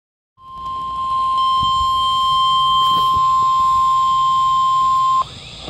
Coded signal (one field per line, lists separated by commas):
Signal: Emergency Alert System (SAME) tones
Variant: 1050 Hz attention tone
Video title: WWG41 SVR EAS #98